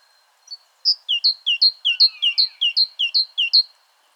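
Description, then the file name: Great tit delivering a long run of about eight see-saw two-note phrases, high then lower, evenly paced, with a faint lower slurred whistle midway. "Parus major"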